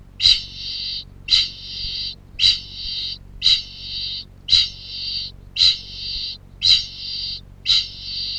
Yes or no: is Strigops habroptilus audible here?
yes